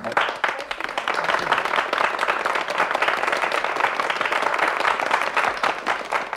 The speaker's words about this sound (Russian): Зрители аплодируют, медленно расходятся. Переговариваются, делятся впечатлениями, что-то повторяют.